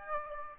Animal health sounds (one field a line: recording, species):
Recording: mosquito wingbeat signal from an infrared sensor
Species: Aedes aegypti